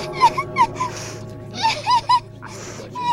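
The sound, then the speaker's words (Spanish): A voice acts out standard crying as offered by a hired mourning service for wakes: a series of short, wavering, high-pitched sobbing wails in two clusters, with gasping breaths between them, ending on a longer whimpering note. “Llanto estándar.”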